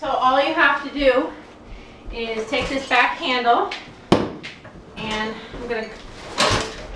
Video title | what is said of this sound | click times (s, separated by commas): Our review of the special needs adaptive star stroller! | jinx myself it clicks into place and you have these two sidebars | 6.4 s